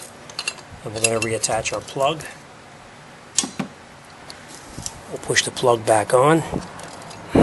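Someone talks while the plastic wiring harness plug is pushed back onto the crankshaft position sensor of a 2005 Nissan Altima, with brief sharp handling knocks around 0.4 s and 3.4 s. The plug has not seated or clicked yet by the end of the clip.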